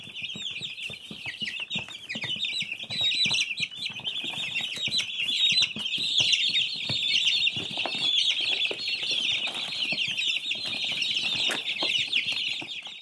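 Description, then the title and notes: Chicken chicks peeping continuously, many high-pitched overlapping chirps forming a dense chorus. Newly hatched chicks making high-pitched chirping sounds. "Baby Chicks Sounds. Alexander"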